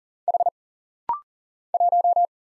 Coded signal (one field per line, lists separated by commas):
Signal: Morse code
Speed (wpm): 40 wpm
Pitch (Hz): 700 Hz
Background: none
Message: H 1